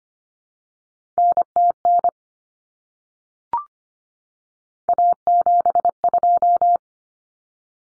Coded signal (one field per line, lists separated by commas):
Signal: Morse code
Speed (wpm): 25 wpm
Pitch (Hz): 700 Hz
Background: none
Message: NTN A72